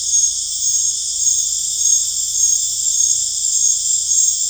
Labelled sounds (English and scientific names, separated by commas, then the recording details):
none
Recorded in dense forest near Puerto Asís, Putumayo, Colombia, on 18 December 2024 at 19:00
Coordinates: 0.484, -76.325
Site G056